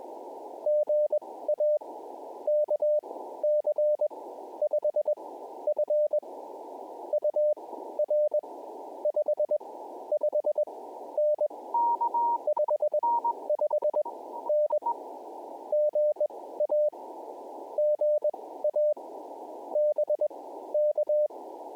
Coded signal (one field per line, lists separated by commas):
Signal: Morse code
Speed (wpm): 21 wpm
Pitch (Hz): 600 Hz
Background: none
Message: GA KC5F UR 55N 55N GA GA BK